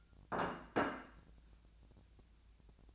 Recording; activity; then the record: daily activity, microphone in the room; place plate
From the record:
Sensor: 2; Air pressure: 1000.0 hPa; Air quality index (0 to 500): 133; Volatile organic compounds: 2 ppm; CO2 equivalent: 1131 ppm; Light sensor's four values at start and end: 26/66/28/31 and 26/66/28/31